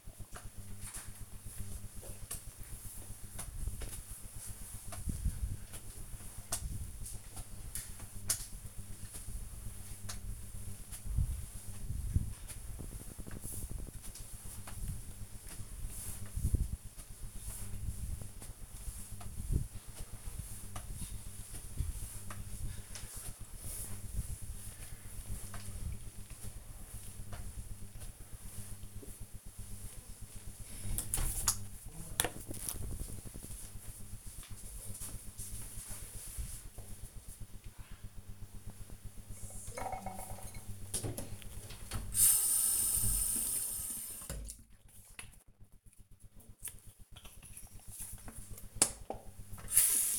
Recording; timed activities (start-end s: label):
household activities, microphone on the right wrist
0.00-29.95 s: floor cleaning
39.01-50.19 s: brushing teeth